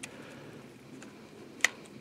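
A magazine is pushed further into the magazine well of a SIG MPX Copperhead braced pistol after a failed first try. After faint ticks, it seats home with a sharp click at 1.6 s, and the magazine is seated.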